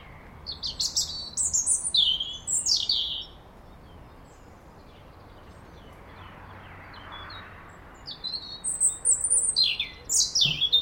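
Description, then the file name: European robin song: a burst of thin, high, scratchy notes, a silence of several seconds, then a second phrase of piercing whistles and trills. "Erithacus rubecula"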